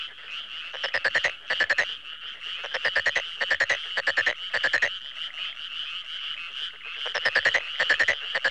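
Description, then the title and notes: Frogs croaking in repeated pulsed rattling bursts, layered over a softer background chorus. "NHK Sound Effects Collection Frogs, Crickets, Cicadas, Horses, Dogs. NHK効果音集 カエル・虫・セミ・ウマ・イヌ"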